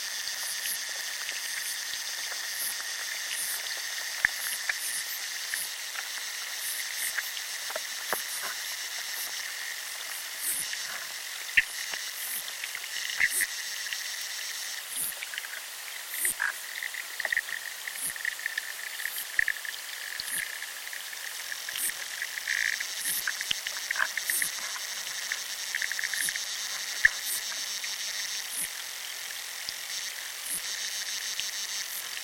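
Underwater life in a chalk river fills the recording with a constant high, fizzing hiss and dense crackling clicks. Brief louder ticks and pops break through every few seconds, and bright chirping bands swell and fade around the middle and later stretches.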